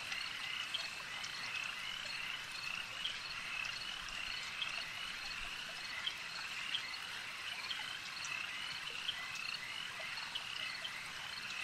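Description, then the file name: Insects buzzing as a swarm: a dense, steady high-pitched drone with scattered ticking pulses throughout, no pauses. "Elijah Wagner - Relaxing Insect Swarm Ambience"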